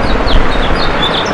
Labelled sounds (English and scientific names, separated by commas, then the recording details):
House Finch (Haemorhous mexicanus) song
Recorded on Long Island, New York, on 27 June 2012
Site BE
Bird A